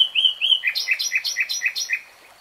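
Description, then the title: Nightingale song: two clear whistles, then a quick two-note phrase repeated several times in a steady rhythm before it stops. Nightingale singing in real time. "[Tiếng chim hót] 3 Hours REALTIME Nightingale Singing"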